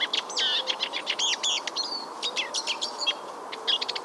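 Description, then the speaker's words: Eurasian siskin singing a quick run of twittering notes and a thin nasal wheeze. Male in full song by a lake in Sweden, winter, a Sunday around 1:30 in the afternoon, with a road close by. "So at the last sight there, I had a lovely male Eurasian siskin, full song."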